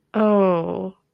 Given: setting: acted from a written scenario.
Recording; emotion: vocal sound without words; embarrassment